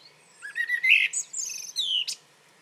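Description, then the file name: Common blackbird song phrase, a short fluted warble rising into high thin squeaky notes, over faint low background hum. "Turdus merula"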